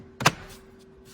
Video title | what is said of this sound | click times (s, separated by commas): 2010-2015 Lexus RX350 RX450h Left Driver Side Cupholder Replacement Instructions | And then insert this piece in and clip it in. | 0.2 s, 0.3 s